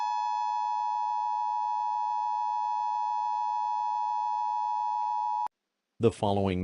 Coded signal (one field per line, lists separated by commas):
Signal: Emergency Alert System (SAME) tones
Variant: 853 and 960 Hz attention tone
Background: speech